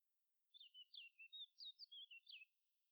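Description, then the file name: Eurasian blackcap phrase of many quick, varied high notes, some sliding down and others chirped, delivered over two seconds in otherwise quiet surroundings. "Sylvia atricapilla"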